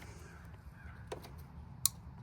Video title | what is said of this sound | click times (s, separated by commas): 2018 BUMPER INSTALL ON 07-13 SILVERADO!!! | listen for the Click | 1.9 s